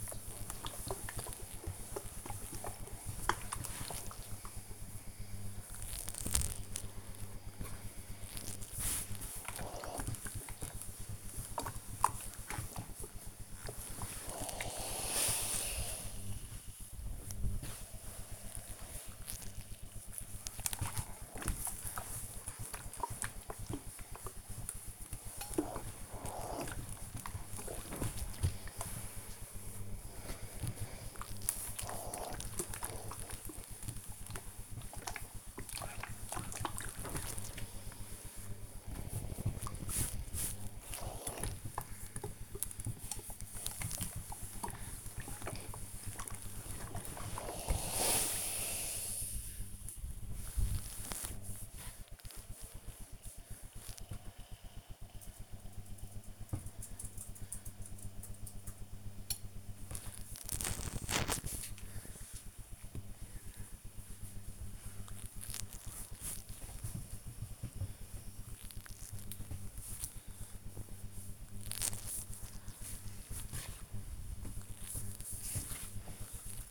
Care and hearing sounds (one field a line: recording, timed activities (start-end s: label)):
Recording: household activities, microphone on the right wrist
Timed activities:
0.00-53.90 s: ironing laundry
58.92-76.71 s: folding laundry